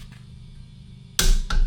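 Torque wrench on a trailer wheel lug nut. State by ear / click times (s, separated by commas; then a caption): torque reached / 1.2 s. A click-type torque wrench set to 110 ft-lbs on a small extension tightens a trailer wheel lug nut, with a low steady background hum. At 1.2 s the wrench breaks over with a sharp, loud click, followed by a quieter second tick at 1.5 s, showing the lug nut has reached the set torque.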